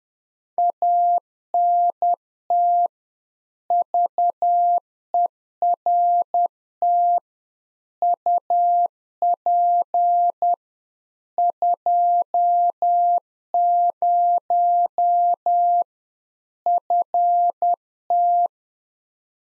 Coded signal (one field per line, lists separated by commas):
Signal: Morse code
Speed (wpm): 10 wpm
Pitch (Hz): 700 Hz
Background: none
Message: ANT VERT UP 20 FT